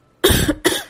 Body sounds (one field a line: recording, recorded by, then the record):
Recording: voluntary cough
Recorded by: messaging app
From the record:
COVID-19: negative